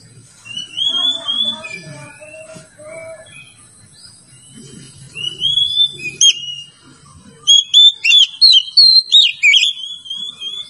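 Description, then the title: Oriental magpie-robin with clear, drawn-out whistles and lower fluty notes, followed by a loud, rapid series of sharp whistled phrases. "Kacer"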